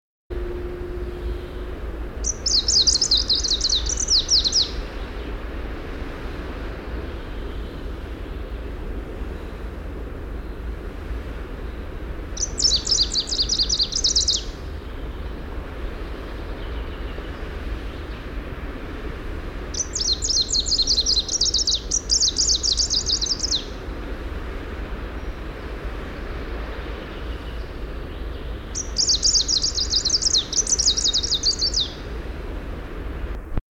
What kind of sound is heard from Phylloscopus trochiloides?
song